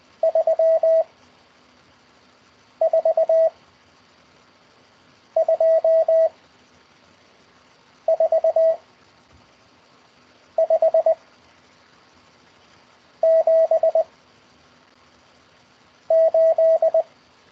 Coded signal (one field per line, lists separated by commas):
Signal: Morse code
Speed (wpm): 20 wpm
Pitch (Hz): 650 Hz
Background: radio noise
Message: 3 4 2 4 5 7 8